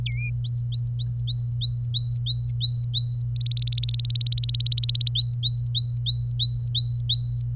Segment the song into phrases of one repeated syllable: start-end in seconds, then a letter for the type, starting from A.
0.05-0.30 A, 0.45-3.22 B, 3.37-5.10 C, 5.15-7.42 B